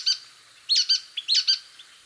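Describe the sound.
Nuthatch calls: sharp high notes, mostly in quick pairs, in three bursts on a quiet background.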